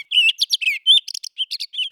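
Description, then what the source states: Townsend's solitaire song: a rapid, jumbled run of clear, high warbled notes of varied pitch, broken by short pauses. High-elevation thrush of the montane west, an altitudinal migrant; its lovely song adds to the alpine aesthetic; eats juniper berries almost exclusively in winter.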